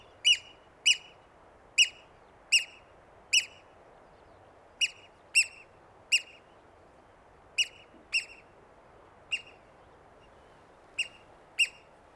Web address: strandskade Haematopus stralegus strandskade